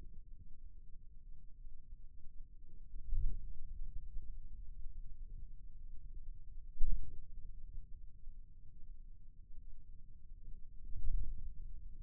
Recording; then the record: forearm muscle sounds (acoustic myography)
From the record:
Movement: ulnar deviation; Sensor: system 2, bracelet of six BSWA MPA416 microphones around the upper forearm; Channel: 1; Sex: male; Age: 22 years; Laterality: right